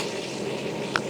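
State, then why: Seated. A five-pin MIG/spool gun connector is plugged into the front panel socket of an MP251I inverter multi-process welder and twisted until it snaps into place. Over a steady broadband hiss, a single sharp click at 0.96 s marks the connector seating.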